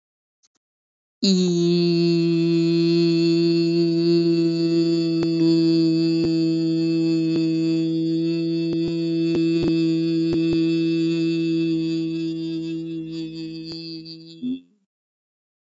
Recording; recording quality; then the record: sustained vowel as in beet; excellent, no background noise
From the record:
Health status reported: healthy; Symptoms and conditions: none ticked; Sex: female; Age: 25 years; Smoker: not ticked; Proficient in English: no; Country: India